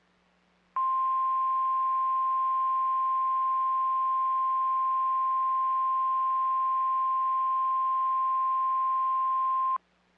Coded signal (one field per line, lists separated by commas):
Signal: Emergency Alert System (SAME) tones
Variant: 1050 Hz attention tone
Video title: NOAA Weather Radio - Special Marine Warning [EAS #202] (6/8/22)